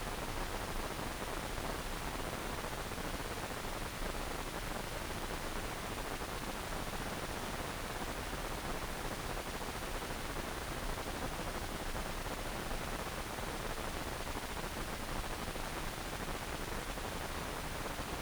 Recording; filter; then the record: brain microelectrode recording played as sound; wide band, above 20 Hz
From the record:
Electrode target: subthalamic nucleus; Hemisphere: right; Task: reaching with the left hand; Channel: 1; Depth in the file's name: 1.506 mm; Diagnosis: Parkinson's disease